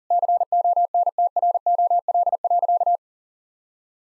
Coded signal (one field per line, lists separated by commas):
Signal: Morse code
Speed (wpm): 40 wpm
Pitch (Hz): 700 Hz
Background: none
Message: CONTROL.